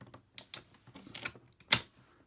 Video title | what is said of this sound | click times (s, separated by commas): Uchu Sentai Kyuranger DX Orion Battler Review | can hear the click and then you can pull this back | 1.7 s